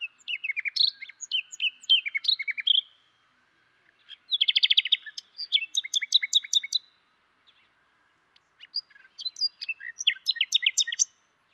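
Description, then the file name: Common nightingale delivering fast, varied song phrases: sharp repeated chips, buzzy trills and high staccato notes in three main bursts separated by short silences. "Luscinia megarhynchos"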